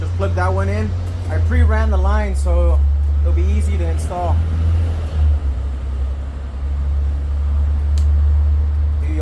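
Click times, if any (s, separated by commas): 8.0 s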